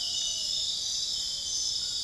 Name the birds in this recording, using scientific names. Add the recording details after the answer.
none. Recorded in dense forest near Puerto Asís, Putumayo, Colombia, on 18 February 2024 at 01:00. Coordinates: 0.502, -76.324. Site G6370